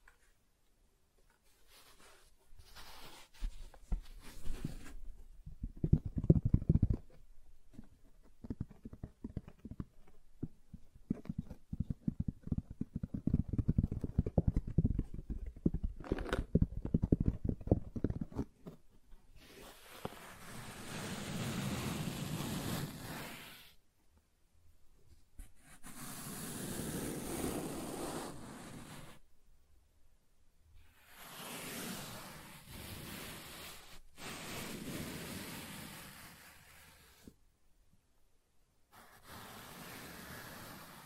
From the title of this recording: Soft Tracing on Smooth and Rough Surfaces